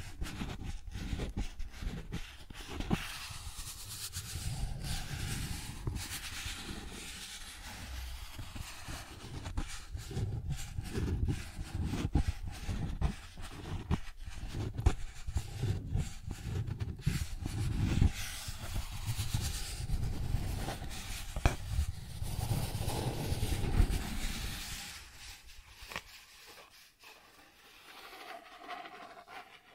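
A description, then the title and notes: Cardboard scratched and rubbed in dense, uneven strokes for about twenty-five seconds, low and rough, then easing into quieter scraping near the end. Cardboard Scratching, Tracing, Tearing.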